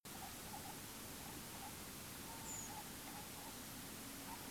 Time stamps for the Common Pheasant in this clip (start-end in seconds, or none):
0.50-0.72, 2.68-2.83